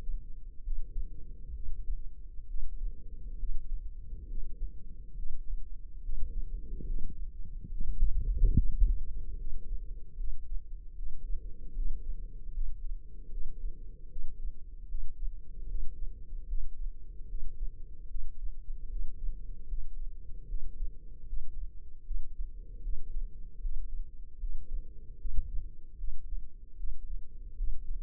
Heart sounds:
heart sounds by microphone in the left ear; 74 bpm
0.62 s: heartbeat
1.52 s: heartbeat
2.46 s: heartbeat
3.37 s: heartbeat
4.26 s: heartbeat
5.14 s: heartbeat
6.00 s: heartbeat
6.84 s: heartbeat
7.69 s: heartbeat
8.54 s: heartbeat
9.35 s: heartbeat
10.15 s: heartbeat
10.94 s: heartbeat
11.73 s: heartbeat
12.52 s: heartbeat
13.29 s: heartbeat
14.08 s: heartbeat
14.86 s: heartbeat
15.66 s: heartbeat
16.46 s: heartbeat
17.26 s: heartbeat
18.07 s: heartbeat
18.87 s: heartbeat
19.66 s: heartbeat
20.46 s: heartbeat
21.24 s: heartbeat
22.02 s: heartbeat
22.80 s: heartbeat
23.59 s: heartbeat
24.38 s: heartbeat
25.17 s: heartbeat
25.95 s: heartbeat
26.75 s: heartbeat
27.55 s: heartbeat
From the record:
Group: healthy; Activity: rest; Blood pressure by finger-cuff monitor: 90/57 mmHg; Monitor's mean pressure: 72 mmHg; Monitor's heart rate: 74 bpm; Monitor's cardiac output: 6.3 L/min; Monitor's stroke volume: 87 mL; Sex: female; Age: 32 years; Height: 172 cm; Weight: 71.7 kg

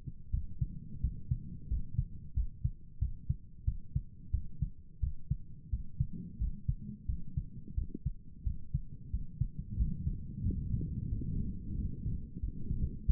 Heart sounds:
heart sounds by stethoscope; 89 bpm
0.30 s: heartbeat
1.00 s: heartbeat
1.67 s: heartbeat
2.33 s: heartbeat
2.98 s: heartbeat
3.64 s: heartbeat
4.31 s: heartbeat
5.00 s: heartbeat
5.69 s: heartbeat
6.37 s: heartbeat
7.06 s: heartbeat
7.74 s: heartbeat
8.43 s: heartbeat
9.10 s: heartbeat
9.76 s: heartbeat
10.42 s: heartbeat
11.09 s: heartbeat
11.74 s: heartbeat
12.39 s: heartbeat
13.05 s: heartbeat
From the record:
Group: healthy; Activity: rest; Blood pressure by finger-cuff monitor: 98/65 mmHg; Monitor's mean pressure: 75 mmHg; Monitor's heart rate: 91 bpm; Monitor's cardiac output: 7.5 L/min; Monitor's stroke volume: 84 mL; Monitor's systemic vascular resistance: 720 dyn s/cm5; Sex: male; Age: 19 years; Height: 178 cm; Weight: 83 kg

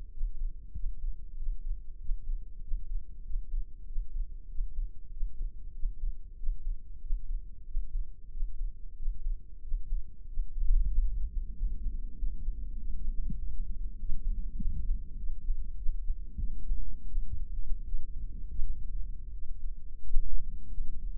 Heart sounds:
heart sounds by microphone in the left ear; 93 bpm
0.13 s: heartbeat
0.76 s: heartbeat
1.39 s: heartbeat
2.01 s: heartbeat
2.64 s: heartbeat
3.26 s: heartbeat
3.88 s: heartbeat
4.51 s: heartbeat
5.13 s: heartbeat
5.76 s: heartbeat
6.39 s: heartbeat
7.03 s: heartbeat
7.67 s: heartbeat
8.33 s: heartbeat
8.98 s: heartbeat
9.64 s: heartbeat
10.30 s: heartbeat
10.95 s: heartbeat
11.58 s: heartbeat
12.19 s: heartbeat
12.80 s: heartbeat
13.41 s: heartbeat
14.02 s: heartbeat
14.61 s: heartbeat
15.20 s: heartbeat
15.79 s: heartbeat
16.41 s: heartbeat
17.11 s: heartbeat
17.88 s: heartbeat
18.63 s: heartbeat
19.35 s: heartbeat
20.04 s: heartbeat
20.74 s: heartbeat
From the record:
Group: healthy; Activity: breath hold 0-11 s, rest 11-21 s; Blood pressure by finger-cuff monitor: 139/82 mmHg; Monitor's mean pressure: 96 mmHg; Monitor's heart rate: 95 bpm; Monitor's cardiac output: 7.3 L/min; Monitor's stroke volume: 76 mL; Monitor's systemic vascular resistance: 990 dyn s/cm5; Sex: male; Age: 21 years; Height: 175 cm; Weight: 72.6 kg

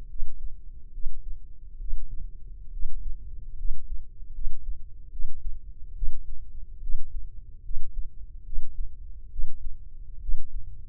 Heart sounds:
heart sounds by microphone in the left ear; 71 bpm
0.08 s: heartbeat
0.92 s: heartbeat
1.78 s: heartbeat
2.71 s: heartbeat
3.56 s: heartbeat
4.32 s: heartbeat
5.10 s: heartbeat
5.94 s: heartbeat
6.80 s: heartbeat
7.62 s: heartbeat
8.44 s: heartbeat
9.30 s: heartbeat
10.20 s: heartbeat
From the record:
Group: healthy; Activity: rest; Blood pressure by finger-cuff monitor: 153/90 mmHg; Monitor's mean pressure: 112 mmHg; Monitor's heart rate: 70 bpm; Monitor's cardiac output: 6 L/min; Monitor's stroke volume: 85 mL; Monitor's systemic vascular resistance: 1370 dyn s/cm5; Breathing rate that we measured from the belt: 17 breaths a minute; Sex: male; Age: 21 years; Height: 180 cm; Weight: 67.5 kg

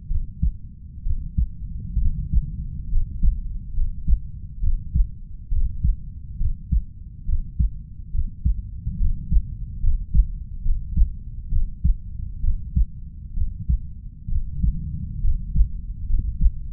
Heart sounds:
heart sounds by stethoscope; 68 bpm
0.08 s: heartbeat
1.03 s: heartbeat
1.98 s: heartbeat
2.89 s: heartbeat
3.73 s: heartbeat
4.60 s: heartbeat
5.49 s: heartbeat
6.37 s: heartbeat
7.25 s: heartbeat
8.11 s: heartbeat
8.97 s: heartbeat
9.80 s: heartbeat
10.62 s: heartbeat
11.49 s: heartbeat
12.40 s: heartbeat
13.34 s: heartbeat
14.28 s: heartbeat
15.21 s: heartbeat
16.06 s: heartbeat
From the record:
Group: healthy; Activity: rest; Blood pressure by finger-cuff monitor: 112/56 mmHg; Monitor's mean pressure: 72 mmHg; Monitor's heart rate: 68 bpm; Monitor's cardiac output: 5.7 L/min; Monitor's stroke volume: 85 mL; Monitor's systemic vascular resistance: 910 dyn s/cm5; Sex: female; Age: 32 years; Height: 168 cm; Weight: 61.9 kg

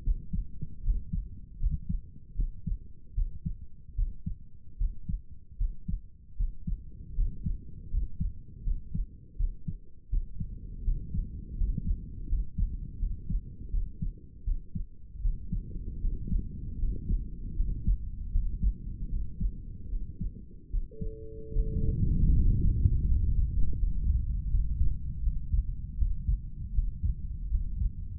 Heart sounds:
heart sounds by stethoscope; 79 bpm
0.03 s: heartbeat
0.83 s: heartbeat
1.59 s: heartbeat
2.35 s: heartbeat
3.14 s: heartbeat
3.95 s: heartbeat
4.78 s: heartbeat
5.57 s: heartbeat
6.36 s: heartbeat
7.15 s: heartbeat
7.90 s: heartbeat
8.63 s: heartbeat
9.37 s: heartbeat
10.09 s: heartbeat
10.84 s: heartbeat
11.57 s: heartbeat
12.28 s: heartbeat
12.99 s: heartbeat
13.71 s: heartbeat
14.44 s: heartbeat
15.21 s: heartbeat
16.01 s: heartbeat
16.78 s: heartbeat
17.55 s: heartbeat
18.31 s: heartbeat
19.09 s: heartbeat
19.89 s: heartbeat
20.70 s: heartbeat
21.52 s: heartbeat
22.33 s: heartbeat
23.06 s: heartbeat
23.77 s: heartbeat
24.48 s: heartbeat
25.21 s: heartbeat
25.96 s: heartbeat
26.72 s: heartbeat
27.49 s: heartbeat
From the record:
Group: healthy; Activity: rest 0-23 s, breath hold 23-28 s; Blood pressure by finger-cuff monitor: 113/73 mmHg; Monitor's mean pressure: 81 mmHg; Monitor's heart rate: 79 bpm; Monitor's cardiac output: 6.3 L/min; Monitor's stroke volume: 80 mL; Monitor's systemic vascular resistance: 930 dyn s/cm5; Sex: male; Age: 35 years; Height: 180 cm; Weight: 86.9 kg

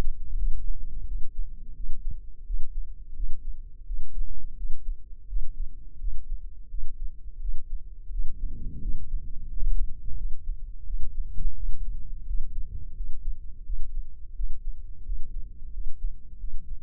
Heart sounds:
heart sounds by microphone in the left ear; 86 bpm
0.34 s: heartbeat
1.05 s: heartbeat
1.74 s: heartbeat
2.44 s: heartbeat
3.14 s: heartbeat
3.84 s: heartbeat
4.55 s: heartbeat
5.27 s: heartbeat
5.98 s: heartbeat
6.68 s: heartbeat
7.39 s: heartbeat
8.10 s: heartbeat
8.80 s: heartbeat
9.47 s: heartbeat
10.15 s: heartbeat
10.84 s: heartbeat
11.54 s: heartbeat
12.25 s: heartbeat
12.94 s: heartbeat
13.64 s: heartbeat
14.34 s: heartbeat
15.03 s: heartbeat
15.71 s: heartbeat
16.38 s: heartbeat
From the record:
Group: healthy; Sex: male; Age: 57 years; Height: 188 cm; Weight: 106 kg

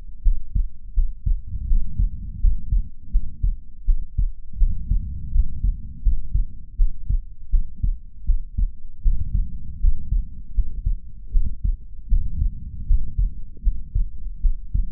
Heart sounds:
heart sounds by stethoscope; 80 bpm
0.21 s: heartbeat
0.93 s: heartbeat
1.66 s: heartbeat
2.39 s: heartbeat
3.10 s: heartbeat
3.84 s: heartbeat
4.56 s: heartbeat
5.30 s: heartbeat
6.01 s: heartbeat
6.75 s: heartbeat
7.49 s: heartbeat
8.24 s: heartbeat
9.01 s: heartbeat
9.78 s: heartbeat
10.52 s: heartbeat
11.30 s: heartbeat
12.07 s: heartbeat
12.85 s: heartbeat
13.61 s: heartbeat
14.40 s: heartbeat
From the record:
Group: healthy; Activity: rest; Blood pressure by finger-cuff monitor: 102/65 mmHg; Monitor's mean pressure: 78 mmHg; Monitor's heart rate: 81 bpm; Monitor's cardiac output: 6.5 L/min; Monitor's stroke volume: 80 mL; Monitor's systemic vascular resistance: 860 dyn s/cm5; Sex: female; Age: 26 years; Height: 165 cm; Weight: 55 kg

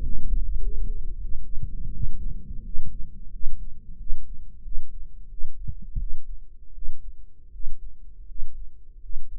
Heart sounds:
heart sounds by microphone in the right ear; 87 bpm
0.02 s: heartbeat
0.59 s: heartbeat
1.20 s: heartbeat
1.92 s: heartbeat
2.63 s: heartbeat
3.31 s: heartbeat
3.98 s: heartbeat
4.63 s: heartbeat
5.29 s: heartbeat
5.98 s: heartbeat
6.73 s: heartbeat
7.51 s: heartbeat
8.26 s: heartbeat
9.01 s: heartbeat
From the record:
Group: healthy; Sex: male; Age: 23 years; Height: 179 cm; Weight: 87 kg

